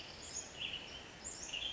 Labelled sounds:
Western Tanager
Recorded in Sonoma County, California

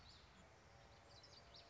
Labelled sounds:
Common Yellowthroat
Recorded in Sonoma County, California

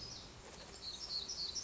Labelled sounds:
Black-throated Gray Warbler
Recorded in Sonoma County, California

